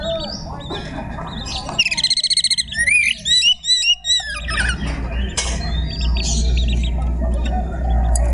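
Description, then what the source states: Magpie-robin song with a fast series of repeated curved whistles and chattering notes in the middle, surrounded by constant low rumbling background noise. Song in the ngekek style, with tembakan phrasing.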